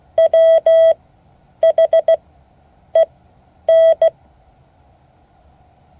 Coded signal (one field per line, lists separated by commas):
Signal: Morse code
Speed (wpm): 16 wpm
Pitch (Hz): 650 Hz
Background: none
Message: WHEN